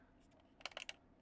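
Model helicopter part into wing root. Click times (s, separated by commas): 0.9 s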